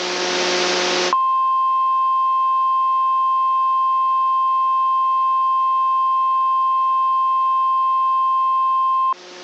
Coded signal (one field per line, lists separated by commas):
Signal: Emergency Alert System (SAME) tones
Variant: 1050 Hz attention tone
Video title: EAS Mock: Flash Flooding in North Dakota